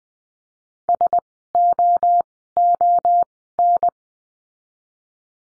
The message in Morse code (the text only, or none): SOON